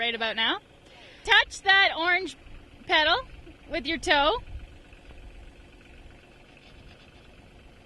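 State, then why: Not seated. Someone talks over a low steady hum while the tractor's driver touches the orange pedal with her toe to engage a gear in the transmission. The gear selector has not clicked into gear yet; the tractor is still in neutral.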